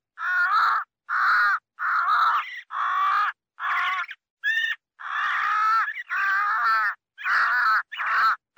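Crow calling with a steady series of coarse, nasal caws, about ten, including one short higher note in the middle.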